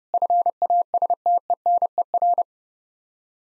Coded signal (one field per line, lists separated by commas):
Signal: Morse code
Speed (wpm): 29 wpm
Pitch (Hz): 700 Hz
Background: none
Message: FASTENER